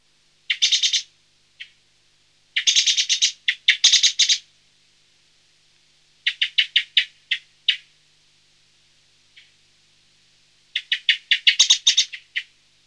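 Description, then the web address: Song thrush singing loud, rattling phrases of rapidly repeated notes with pauses between, over faint steady hiss. "Laulurastas. nauhalaisen aanimaailmat"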